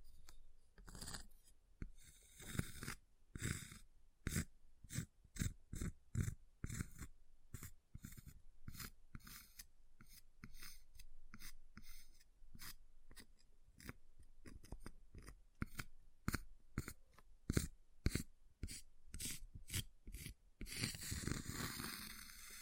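Ice being tapped and scratched, with sharp, bright strikes coming in quick, fairly regular succession for most of the clip. Between hits there are short scraping rasps, and near the end the tapping gives way to a longer, rougher scraping passage.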